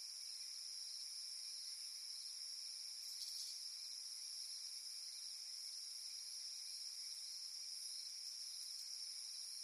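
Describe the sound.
Cicada droning in a steady, high-pitched whine with several layered shrill bands, a brief brighter flare at about three seconds, otherwise unbroken throughout.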